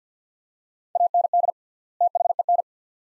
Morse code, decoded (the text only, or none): AND THEN